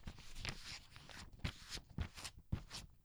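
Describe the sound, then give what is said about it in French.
Crisp, crackling foley rustles like footsteps on dry leaves, a few louder crunches landing at an uneven walking pace over a soft continuous rustle, with no voices. “Pour les oreilles fines, c'est comme l'automne, hein, quand tu marches sur les feuilles.”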